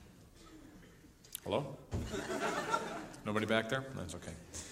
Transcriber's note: soundbite of laughter